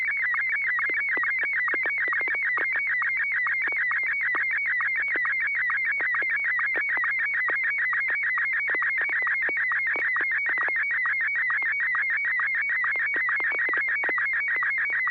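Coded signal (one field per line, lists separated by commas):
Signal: SSTV (slow-scan television)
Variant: Martin 1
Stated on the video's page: SSTV net on an FM repeater at 441.30 MHz, pictures sent with MMSSTV software.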